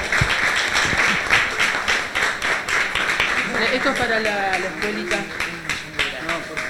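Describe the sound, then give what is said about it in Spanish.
An audience applauds with steady, dense clapping throughout, while voices rise over it midway, talking and calling out above the continuous applause. “Un aplauso.”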